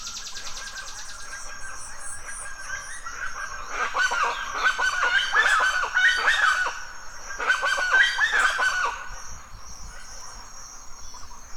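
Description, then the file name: Chachalaca loud calls, harsh raucous bursts in two chorus rounds midway, with a steady high insect whine throughout. Loud calls recorded at dawn in forest in Mexico. "felix blume animals birds chachalas loud call dawn forest mexico"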